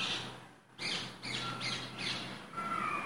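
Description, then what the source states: Rose-ringed Parakeet giving a run of rasping high squawks after a short gap. Earlier recording played back in a bird ID app, which matched it; garden, Greater London, 26 April 2023, 4:52pm.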